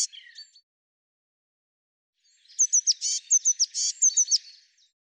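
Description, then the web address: Eurasian blue tit calling: brief high notes, then a run of sharp hooked chirps mixed with buzzy bursts, about a dozen elements in quick succession, with silence between. "Deverinetal"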